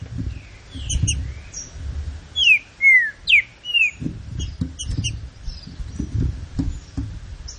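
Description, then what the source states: Green-winged saltator song: a short phrase of loud slurred, swooping whistles, among scattered high chirps and low thumping sounds. Classic song style of the green-winged saltator, presented for song training.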